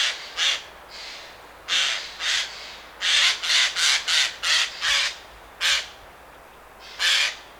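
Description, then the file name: Eurasian jay giving harsh, rasping screeches in irregular bursts, some paired or in a quick run of about six, over a faint steady hiss. "Garrulus glandarius"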